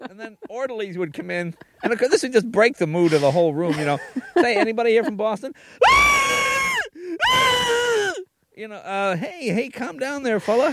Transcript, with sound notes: And then orderlies would come in, and, of course, this would just break the mood of the whole room, you know. `Hey, anybody here from Boston?' (Screams) You know, `Hey, hey, calm down there, fellah.